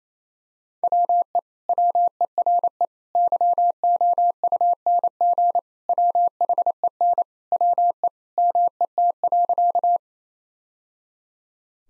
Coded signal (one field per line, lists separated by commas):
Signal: Morse code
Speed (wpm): 28 wpm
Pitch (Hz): 700 Hz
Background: none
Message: WE WERE YOUNG WHEN WE MET.